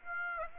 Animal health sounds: mosquito wingbeat signal from an infrared sensor; Aedes aegypti

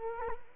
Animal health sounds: mosquito wingbeat signal from an infrared sensor; Culex quinquefasciatus

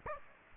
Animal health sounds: mosquito wingbeat signal from an infrared sensor; Aedes aegypti

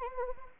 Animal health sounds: mosquito wingbeat signal from an infrared sensor; Anopheles arabiensis

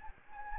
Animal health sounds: mosquito wingbeat signal from an infrared sensor; Anopheles gambiae

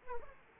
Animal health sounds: mosquito wingbeat signal from an infrared sensor; Aedes aegypti

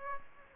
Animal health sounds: mosquito wingbeat signal from an infrared sensor; Aedes aegypti

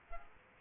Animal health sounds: mosquito wingbeat signal from an infrared sensor; Aedes aegypti

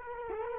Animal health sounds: mosquito wingbeat signal from an infrared sensor; Culex quinquefasciatus

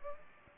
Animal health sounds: mosquito wingbeat signal from an infrared sensor; Aedes aegypti

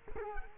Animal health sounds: mosquito wingbeat signal from an infrared sensor; Culex quinquefasciatus

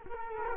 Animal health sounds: mosquito wingbeat signal from an infrared sensor; Culex quinquefasciatus

